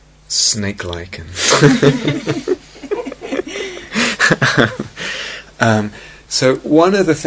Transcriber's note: laughter